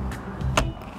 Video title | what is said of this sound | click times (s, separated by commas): River Caravans Handover Video | little handle goes in so it goes click you'll hear that little click there it is | 0.6 s